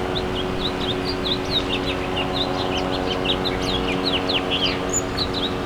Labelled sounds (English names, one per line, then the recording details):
House Finch song
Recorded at West Islip on Long Island, New York, on 18 May 2013
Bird M